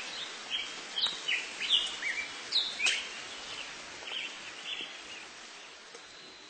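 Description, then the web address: Black-headed grosbeak song: warbled phrases of short rising and falling notes over steady background hiss. "cotor. Black-headed Grosbeak"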